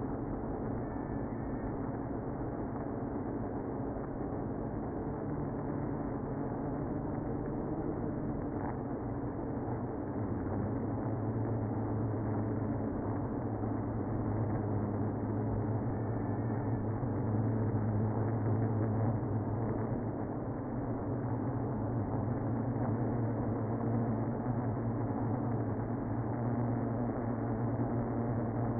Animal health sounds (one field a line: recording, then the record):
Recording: honeybee colony, microphone inside the hive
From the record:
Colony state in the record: queenless (queen removed)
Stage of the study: after two queens were removed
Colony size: about 60,000 bees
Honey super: yes